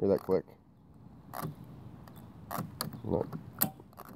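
A plastic fuel filler cap is twisted onto the gas tank filler neck while someone talks, and its ratchet gives a sharp click at 3.6 s. The click confirms the cap is tight enough.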